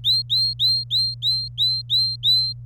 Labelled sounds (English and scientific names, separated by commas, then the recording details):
Domestic Canary (Serinus canaria) song
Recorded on 27 April 2018 at 15:25
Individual llb3